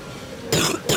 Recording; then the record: coughing mixed with background sound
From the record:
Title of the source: Wet coughing